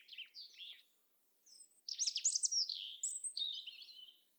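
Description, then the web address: European robin song: a few thin, high trilled notes, a short pause, then a denser tumbling run of sweet, high warbled phrases. "SETE data Erithacus rubecula"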